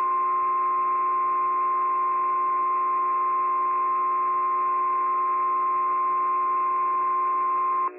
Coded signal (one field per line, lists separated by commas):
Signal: Emergency Alert System (SAME) tones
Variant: 1050 Hz attention tone